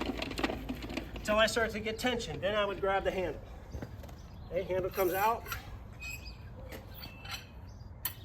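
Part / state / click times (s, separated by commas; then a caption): extendable operating handle on a wire-rope hoist / seated / 8.1 s. Someone talks while the telescoping metal operating handle of a Griphoist wire-rope hoist is pulled out to extend it. At 8.1 s it snaps into its locked position with a sharp metallic click, and the handle is locked in place.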